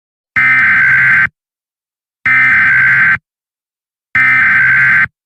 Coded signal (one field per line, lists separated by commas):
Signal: Emergency Alert System (SAME) tones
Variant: header bursts